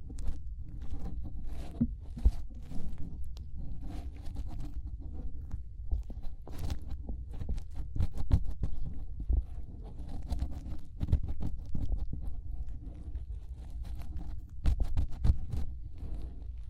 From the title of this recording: Inner Ear Cleaning Using Fingers